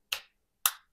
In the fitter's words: вот до щелчка